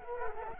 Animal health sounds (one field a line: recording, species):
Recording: mosquito wingbeat signal from an infrared sensor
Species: Culex quinquefasciatus